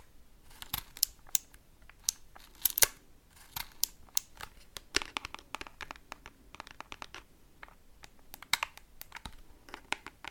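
Tapping in quick, irregular bursts, each tap a short, sharp click that rings bright and crisp. The taps come in clusters with brief pauses, a few landing harder around two to three seconds and near eight and a half seconds, over a faint low hum.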